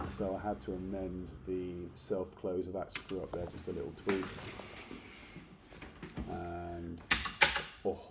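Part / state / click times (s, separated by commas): door latch into door frame strike plate / seated / 7.4 s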